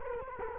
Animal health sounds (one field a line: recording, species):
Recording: mosquito wingbeat signal from an infrared sensor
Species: Culex quinquefasciatus